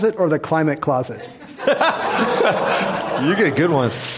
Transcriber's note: laughter